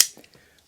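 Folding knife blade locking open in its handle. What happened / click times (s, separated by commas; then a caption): A spring blade snapped open and locked / 0.2 s, 0.3 s. A vintage switchblade prop knife has its safety slide button pushed down and its release lever pressed, and the steel blade flicks out of the handle. A loud sharp burst at the very start is followed by a short double snap at 0.2 s and 0.3 s as the blade locks open.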